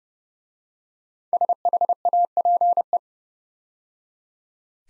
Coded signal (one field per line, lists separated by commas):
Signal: Morse code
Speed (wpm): 30 wpm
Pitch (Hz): 700 Hz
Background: none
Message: SHAPE